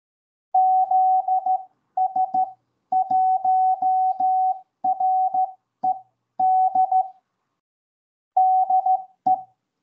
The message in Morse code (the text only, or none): ZS1RED DE